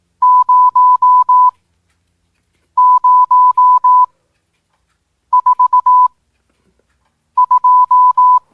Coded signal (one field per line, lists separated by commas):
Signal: Morse code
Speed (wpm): 18 wpm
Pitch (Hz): 1000 Hz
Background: none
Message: 0 0 4 2